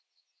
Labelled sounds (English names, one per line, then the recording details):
Yellowhammer song
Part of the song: start
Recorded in the Czech Republic on 23 May 2015
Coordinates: 50.024, 16.266
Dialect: BE
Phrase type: D4
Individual ch012